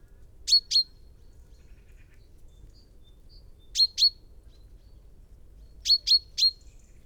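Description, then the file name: Common chaffinch calls: short, sharp, high notes given in quick pairs, then a triplet, spaced by pauses of a second or more. "Fringilla coelebs"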